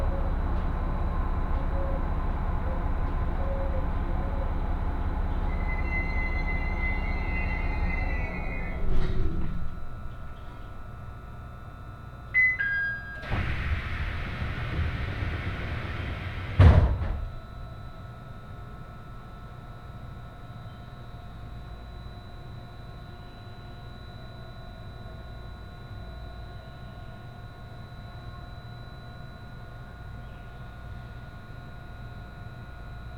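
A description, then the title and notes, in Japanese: Inside a hybrid HB-E210 diesel railcar, a loud engine hum drops off near nine seconds, with door thumps and a hiss around thirteen to seventeen seconds. 仙石東北ライン快速 石巻→高城町。帰りは仙石東北ラインの快速に乗ります。ハイブリッド気動車HB-E210系。４両編成。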